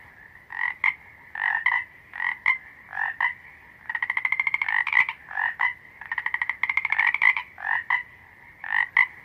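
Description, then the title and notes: Chorus of frogs giving short, rasping croaks in quick bursts, joined midway by longer rattling pulsed trills. Steady croaking of a frog chorus. "Croaking Frogs. the steady croaking of a frog chorus"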